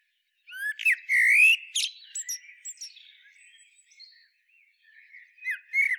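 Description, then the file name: Common blackbird song phrase: fluted notes and thin high squeaks, then quieter soft twittering, ending with a few louder notes. "Turdus merula"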